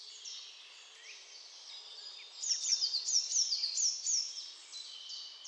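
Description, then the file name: Eurasian nuthatch giving a quick series of high, sharp down-slurred notes midway, over a steady high background hiss. "Sitta europaea"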